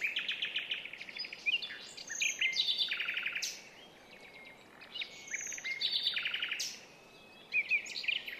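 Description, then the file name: Common nightingale song in several bursts of rapid chattering phrases, clicks and thin whistles, separated by brief pauses. "Luscinia megarhynchos"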